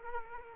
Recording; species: mosquito wingbeat signal from an infrared sensor; Culex quinquefasciatus